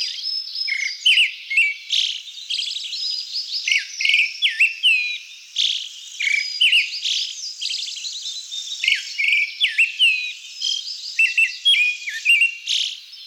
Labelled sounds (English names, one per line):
Pale Thrush song